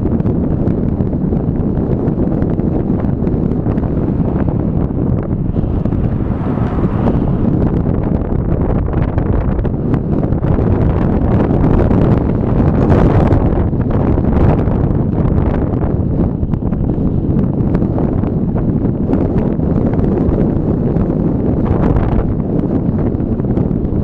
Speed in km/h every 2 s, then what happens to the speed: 28, 27, 27, 26, 26, 25, 25, 26, 27, 27, 27, 27.
0-24 steady at about 27.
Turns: none.